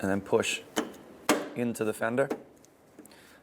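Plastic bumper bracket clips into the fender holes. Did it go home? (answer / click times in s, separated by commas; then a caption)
yes / 1.3 s. Someone talks while the plastic bumper bracket of a 2015-2019 Hyundai Sonata is lined up on its pin and its plastic clips are pushed into the holes in the fender. A sharp snap is heard at 1.3 s as the clips seat, and a few faint ticks follow near the end.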